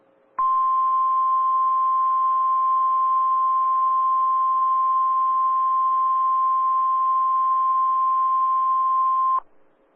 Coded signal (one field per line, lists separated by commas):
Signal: Emergency Alert System (SAME) tones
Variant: 1050 Hz attention tone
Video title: DMX RWT EAS 1420